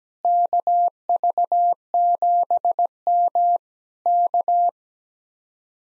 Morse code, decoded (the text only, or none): KV7M K